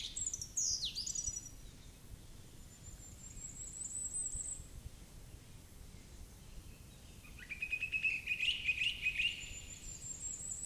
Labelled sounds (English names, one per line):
Song Thrush song